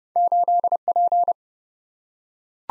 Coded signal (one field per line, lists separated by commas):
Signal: Morse code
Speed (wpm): 30 wpm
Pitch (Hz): 700 Hz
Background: none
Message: 8P